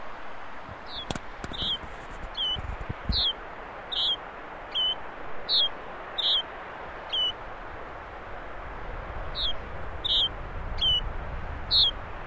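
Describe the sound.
Yellow-bridled finch calls: short, high, slightly downslurred notes repeated roughly once a second over steady background hiss, with a brief knock near the start.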